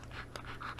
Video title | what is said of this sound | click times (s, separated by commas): Starmark Pro-Collar: Review & How-To | so that you hear two clicks it's connected and then push up with the right hand | 0.4 s, 0.8 s